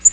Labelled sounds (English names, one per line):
Black-throated Green Warbler flight call